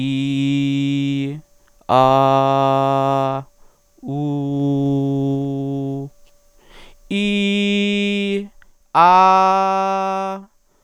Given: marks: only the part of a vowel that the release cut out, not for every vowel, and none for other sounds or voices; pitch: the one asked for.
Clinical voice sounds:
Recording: sustained vowels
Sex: male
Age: 30 to 39 years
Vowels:
0.00-1.19 s: vowel /i/, normal pitch
2.03-3.24 s: vowel /a/, normal pitch
4.23-5.89 s: vowel /u/, normal pitch
7.19-8.34 s: vowel /i/, high pitch
9.06-10.19 s: vowel /a/, high pitch
From the record:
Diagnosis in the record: hypernasality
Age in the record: 34 years

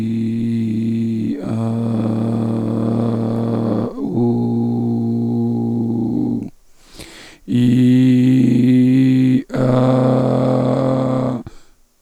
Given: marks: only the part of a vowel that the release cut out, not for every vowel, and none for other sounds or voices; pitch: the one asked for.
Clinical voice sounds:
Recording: sustained vowels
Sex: male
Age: 50 to 59 years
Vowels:
0.00-1.21 s: vowel /i/, normal pitch
1.76-3.64 s: vowel /a/, normal pitch
4.22-6.16 s: vowel /u/, normal pitch
7.75-9.21 s: vowel /i/, high pitch
9.71-11.21 s: vowel /a/, high pitch
From the record:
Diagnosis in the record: dysphonia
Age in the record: 54 years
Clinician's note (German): Organisch, mit Verdacht auf Stimmbandpolyp

